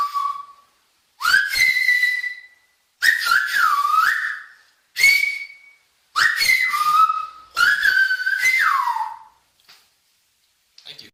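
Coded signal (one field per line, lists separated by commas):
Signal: whistled language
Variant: Silbo Gomero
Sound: six loud whistled phrases with pitch glides and steps, separated by short silences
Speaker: Ahora les enseño un poco del silbo.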